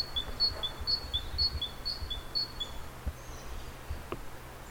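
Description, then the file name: Great tit singing a high two-note phrase, higher note then lower, repeated about five times over a low steady hum. "Parus major"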